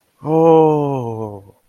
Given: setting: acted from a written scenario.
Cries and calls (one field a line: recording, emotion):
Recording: vocal sound without words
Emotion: awe